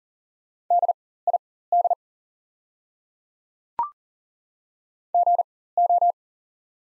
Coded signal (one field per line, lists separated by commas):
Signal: Morse code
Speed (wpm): 39 wpm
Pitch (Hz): 700 Hz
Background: none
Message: DID GO